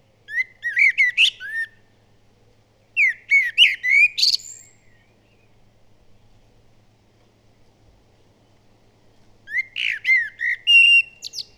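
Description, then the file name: Common blackbird song in three bursts of warbled, fluting notes with shrill squeaky endings, the first two close together and the last after a longer quiet gap. "Turdus merula"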